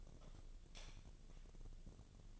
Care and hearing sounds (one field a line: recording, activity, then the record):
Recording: daily activity, microphone in the room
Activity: light off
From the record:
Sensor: 4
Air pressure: 1000.9 hPa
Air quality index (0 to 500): 120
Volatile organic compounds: 1 ppm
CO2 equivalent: 902 ppm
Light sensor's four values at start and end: 34/85/35/38 and 32/78/32/35